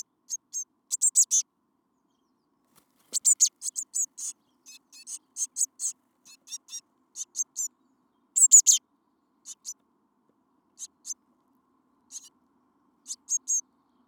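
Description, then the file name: Eurasian blue tit calling with many high, thin notes, some in rapid clusters, others spaced singly. "Cyanistes caeruleus"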